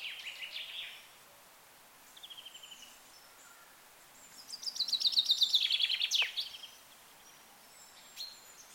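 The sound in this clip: Bird with short high trills early on, then one loud, rapid chirping phrase in the middle, followed by faint scattered high notes.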